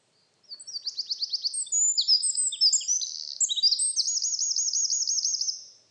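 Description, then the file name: Eurasian wren song, a fast burst of high, sharp twittering notes and short trills, closing with a long rapid rolling trill. "Troglodytes troglodytes"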